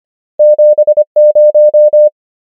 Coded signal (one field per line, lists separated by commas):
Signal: Morse code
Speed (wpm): 25 wpm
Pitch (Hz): 600 Hz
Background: none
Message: 7 0